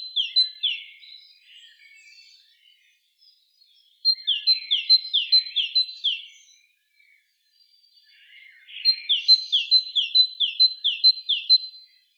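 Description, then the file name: Great tit song, a ringing two-note phrase, high then lower, repeated several times in each of three bouts separated by short pauses. "Parus major"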